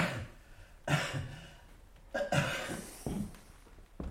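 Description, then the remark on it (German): A man coughs several times on request during a doctor's chest examination, short harsh bursts spaced about a second apart with quiet breaths between, the second cough a rough double hack. “Tiefer atmen. So, ja. Husten.”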